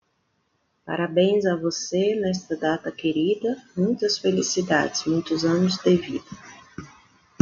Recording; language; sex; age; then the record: short text; Brazilian Portuguese; female; 30 to 39 years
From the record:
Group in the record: control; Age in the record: 35 years